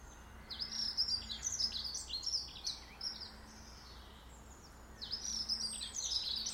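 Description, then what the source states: Bird song: bright high chirps and twittering phrases in two bursts separated by a short pause, over a steady low background hum. In a garden.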